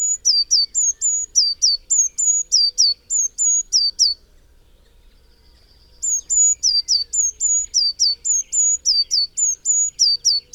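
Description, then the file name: Eurasian Blue Tit giving long runs of high, piercing notes, sliding and level notes alternating rapidly, broken by a pause before the series resumes. "Cyanistes caeruleus"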